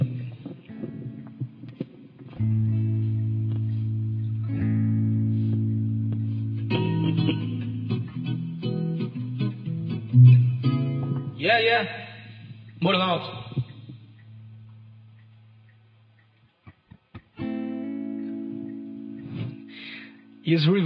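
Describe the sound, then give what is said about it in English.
A man's voice speaks and chants over a low sustained drone, drenched in a heavy reverb effect that smears and muddies the sound, with washed-out tones lingering between phrases. “Is reverb here.”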